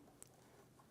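The retaining clip for a 2015-2020 Cadillac Escalade power lift actuator is pushed in on the lower ball stud after the actuator is pushed onto the stud. A single short, sharp snap is heard at 0.2 seconds over a faint, steady background. The clip is seated and locked in place.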